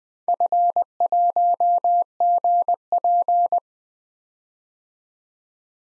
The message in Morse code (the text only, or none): F1GP